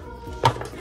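A plastic picture panel with a motorcycle photo is pushed onto its mount on a Barbie Dreamhouse toy dollhouse and clips into place with a sharp click at 0.5 s, followed by a softer tick at about 0.6 s. The panel is confirmed seated.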